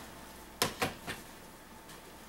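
A stroller seat attachment is clipped into the frame of a Baby Jogger City Select stroller, seating with a sharp click at 0.6 s. Two softer clacks follow at about 0.8 s and 1.1 s, then only quiet background remains.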